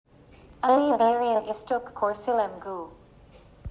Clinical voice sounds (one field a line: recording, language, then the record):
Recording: elicited speech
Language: Bengali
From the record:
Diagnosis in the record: Broca's or global aphasia after a stroke